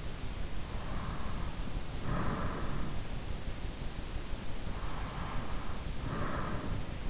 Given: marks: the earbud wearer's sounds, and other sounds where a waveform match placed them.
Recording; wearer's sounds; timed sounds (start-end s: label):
sounds in sleep by an in-ear microphone; breath
0.93-2.61 s: breath
5.23-7.10 s: breath